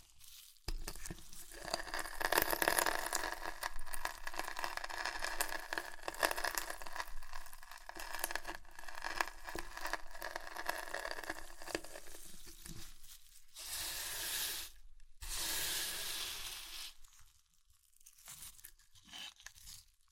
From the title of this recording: Chips Crunchy Crushing & Eating Sounds